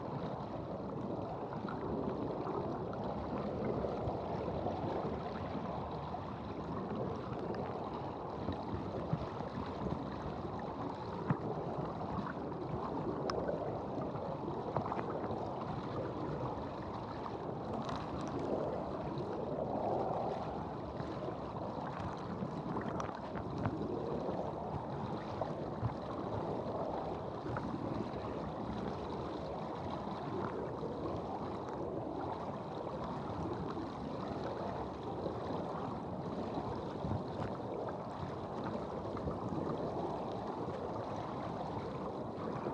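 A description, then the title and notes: A waterfall roars steadily, a dense, unbroken rush of water concentrated in the low and middle range with a softer hiss above. The level barely shifts over the whole stretch, sounding continuous, with no distinct events breaking through. Tibumana waterfall, Bali. Recorded by Marcel Gnauk.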